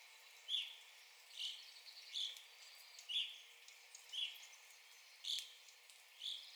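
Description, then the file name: Evening grosbeak calls: burry notes repeated about once a second, fairly even in loudness, over steady background hiss. Recorded 9 April 2021. "2021-04-09 Evening Grosbeak"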